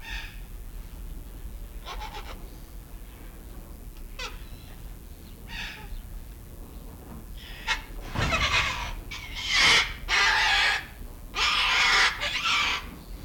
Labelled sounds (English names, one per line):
Long-billed Corella call